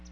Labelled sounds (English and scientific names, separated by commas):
Palm Warbler (Setophaga palmarum) flight call